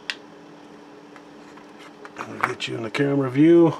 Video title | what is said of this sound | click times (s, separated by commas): 2022 deformed/cartoon p1 group build | This just snaps right over like that. | 0.1 s